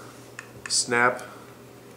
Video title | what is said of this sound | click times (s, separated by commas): How to use Eclipse TTL Light Mount | into the front of the bridge clicks right in | 0.4 s